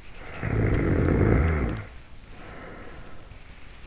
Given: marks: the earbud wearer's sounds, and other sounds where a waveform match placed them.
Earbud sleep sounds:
sounds in sleep by an in-ear microphone; snoring breath
0.07-3.44 s: snoring breath

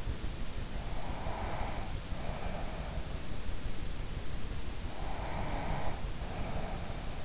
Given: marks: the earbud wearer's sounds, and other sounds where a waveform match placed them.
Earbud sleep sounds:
sounds in sleep by an in-ear microphone; breath
0.82-3.34 s: breath
4.90-7.25 s: breath

